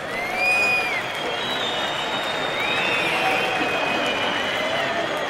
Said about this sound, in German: Eleganz und Pose im Angesicht des Todes werden zu einem blutigen Gestochere, das vom Publikum mit Missfallensäußerungen bedacht wird.